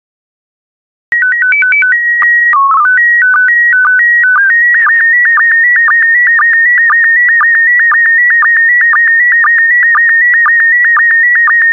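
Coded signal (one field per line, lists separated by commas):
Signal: SSTV (slow-scan television)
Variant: PD120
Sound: short stepped header beeps, then a steady warbling tone with rhythmic clicks about twice a second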